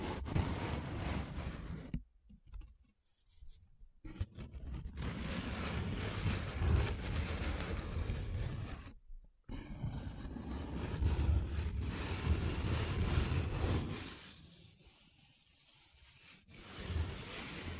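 Paper is rubbed and scratched in a dense, continuous rasp with a low rumbling weight beneath it. The sound cuts out abruptly around two seconds and again near nine, then thins to a softer, duller scrape around fourteen to sixteen seconds before returning.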